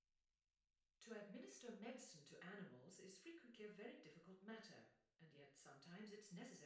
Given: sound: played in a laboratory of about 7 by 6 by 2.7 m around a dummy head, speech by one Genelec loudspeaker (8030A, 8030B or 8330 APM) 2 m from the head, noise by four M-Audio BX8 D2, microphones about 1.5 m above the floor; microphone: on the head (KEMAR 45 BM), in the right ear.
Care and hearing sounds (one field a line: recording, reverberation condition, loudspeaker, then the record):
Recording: female speech in English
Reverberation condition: medium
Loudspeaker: 30 degrees to the left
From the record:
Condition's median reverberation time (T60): about 510 ms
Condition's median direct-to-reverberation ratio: about -0.5 dB